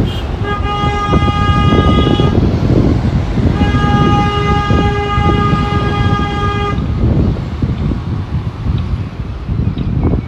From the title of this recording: Walking In Modiin, Israel